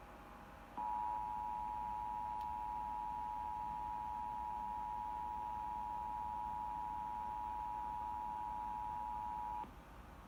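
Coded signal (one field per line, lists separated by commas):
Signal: Emergency Alert System (SAME) tones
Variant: 853 and 960 Hz attention tone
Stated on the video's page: Required Monthly Tests recorded directly from a cable box with a low-quality capture device.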